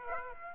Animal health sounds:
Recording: mosquito wingbeat signal from an infrared sensor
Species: Aedes aegypti

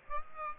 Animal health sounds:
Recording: mosquito wingbeat signal from an infrared sensor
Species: Aedes aegypti

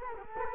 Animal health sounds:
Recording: mosquito wingbeat signal from an infrared sensor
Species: Culex quinquefasciatus

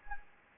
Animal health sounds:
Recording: mosquito wingbeat signal from an infrared sensor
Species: Anopheles arabiensis

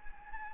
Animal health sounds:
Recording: mosquito wingbeat signal from an infrared sensor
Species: Anopheles gambiae

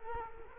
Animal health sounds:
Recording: mosquito wingbeat signal from an infrared sensor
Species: Culex quinquefasciatus

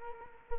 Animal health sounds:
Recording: mosquito wingbeat signal from an infrared sensor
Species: Culex quinquefasciatus

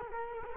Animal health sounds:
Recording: mosquito wingbeat signal from an infrared sensor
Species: Culex quinquefasciatus

